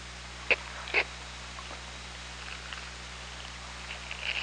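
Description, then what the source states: Killer whale calls: two sharp bursts with a tonal core near the upper-middle range, half a second apart, then faint scattered sounds over steady low hum and hiss. OrcaLab hydrophone, 24 August 2017, 04:46.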